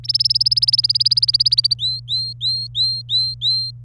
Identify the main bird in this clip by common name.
Domestic Canary